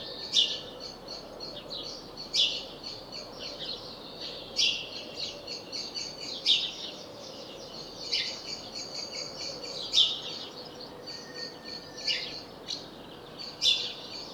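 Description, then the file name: House sparrow chirping steadily, emphatic chirps roughly every two seconds with quicker notes between, over constant background bird chatter. "Passer domesticus"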